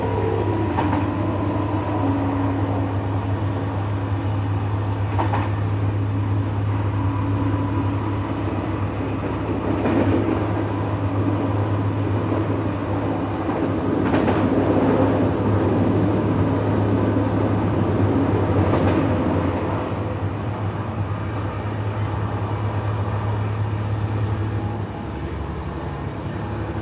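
Rattling tracks during an evening train ride, with a steady low rumble and hum running throughout. Brief clacks and bursts of rattle punctuate it around 5, 10, 14 and 19 seconds, and the rumble eases slightly after 25 seconds. No voices are heard.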